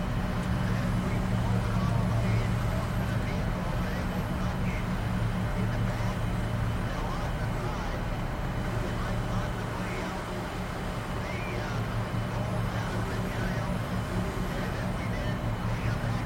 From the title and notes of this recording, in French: Vol Spatial | Ambiance Cabine de Navette pour un Sommeil Profond.